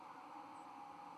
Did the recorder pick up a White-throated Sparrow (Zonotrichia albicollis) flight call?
no